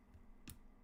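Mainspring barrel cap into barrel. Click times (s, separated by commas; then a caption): 0.5 s. A small steel cap is pressed by hand into the mainspring barrel of a vintage watch movement. Against a quiet background, a single short, bright click sounds at 0.5 s as the cap seats into the barrel.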